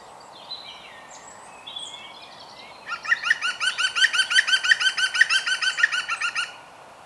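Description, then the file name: European green woodpecker giving a loud laughing call, a rapid run of many ringing notes over about three and a half seconds, after some softer chirps. "Groene Specht Picus viridis"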